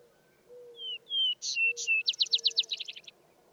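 Vesper sparrow with one full song: two soft paired whistles, brighter higher notes, then a rapid rattling trill, over faint low whistled notes.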